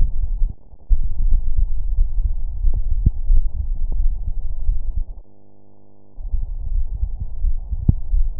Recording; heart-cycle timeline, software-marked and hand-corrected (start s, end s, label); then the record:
heart sounds
not marked
From the record:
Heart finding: coronary artery disease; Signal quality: poor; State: rest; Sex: male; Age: 53 years